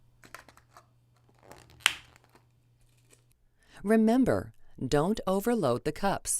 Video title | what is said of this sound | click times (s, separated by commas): Lifeline Dispenser Instructions | put a cover over every cup making sure it snaps into place securely but is not stuck to the cup or crumpled | 1.9 s